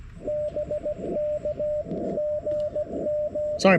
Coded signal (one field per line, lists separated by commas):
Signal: Morse code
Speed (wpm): 17 wpm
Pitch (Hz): 600 Hz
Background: speech, radio noise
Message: BK GG